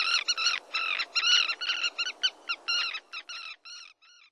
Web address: sons birds Sterne. pierregarin